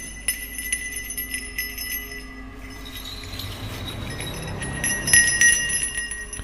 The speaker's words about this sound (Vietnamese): Lão rút ra ba nén nhang, thắp nhang vái ba vái, sau đó lấy ra trong tay nải một cái chuông. Lão lắc nhẹ lên, rồi cúi gập đầu khấn một dàn văn tế rất dài.